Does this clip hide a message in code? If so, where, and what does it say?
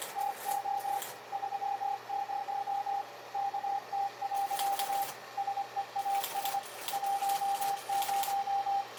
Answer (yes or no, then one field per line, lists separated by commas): yes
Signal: Morse code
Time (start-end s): 0.2-8.8 s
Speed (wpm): 23 wpm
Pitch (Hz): 800 Hz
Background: radio noise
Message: TO 30 KT. SEAS 10